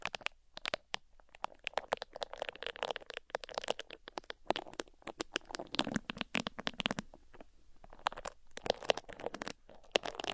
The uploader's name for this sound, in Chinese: 抠耳朵